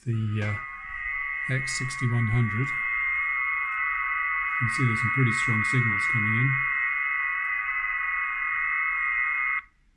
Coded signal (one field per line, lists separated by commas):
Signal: FT8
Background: speech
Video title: Small Hidden Antennas for Indoor Amateur Radio Episode 1